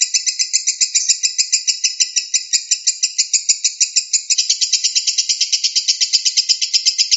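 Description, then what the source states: Lovebird chatter: a shrill rapid pulsed trill, steady and unbroken, with a slight shift in tone about halfway through. Song style called konslet.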